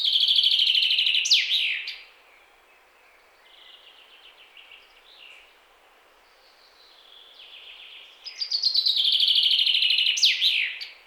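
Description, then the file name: Common chaffinch song: a bright trill of repeated notes ending with a quick falling flourish, heard twice, with fainter phrases between. "Fringilla coelebs"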